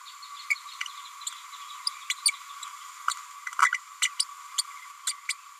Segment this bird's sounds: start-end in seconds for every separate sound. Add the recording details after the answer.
0.50-0.55, 2.10-2.14, 3.09-3.14, 3.61-3.70, 3.74-3.78, 4.01-4.09, 4.19-4.24, 5.07-5.13, 5.29-5.33. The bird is a female. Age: 30 days. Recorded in a nest box in Venezuela. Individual 17B102A6